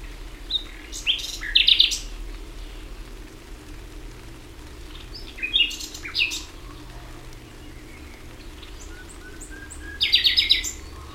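Common nightingale singing three spaced phrases of quick high notes, the last a rapid repeated series, with quiet gaps between.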